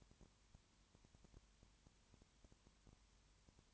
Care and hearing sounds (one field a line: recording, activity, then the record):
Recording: daily activity, microphone in the room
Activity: no activity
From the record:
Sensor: 3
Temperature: 21.1 degrees Celsius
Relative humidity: 37.0%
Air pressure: 1010.6 hPa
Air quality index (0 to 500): 204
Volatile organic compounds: 31 ppm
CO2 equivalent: 2977 ppm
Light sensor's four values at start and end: 2/3/2/2 and 2/3/2/2